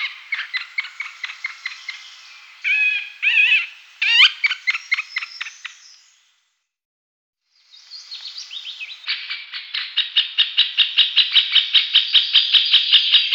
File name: middle spotted woodpecker